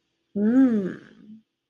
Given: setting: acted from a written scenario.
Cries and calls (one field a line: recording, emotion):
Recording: vocal sound without words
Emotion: desire